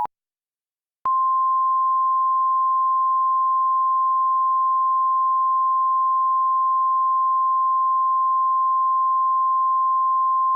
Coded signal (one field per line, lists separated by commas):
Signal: Emergency Alert System (SAME) tones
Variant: 853 and 960 Hz attention tone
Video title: Objects Arise - A BFDI EAS Scenario (PART 1)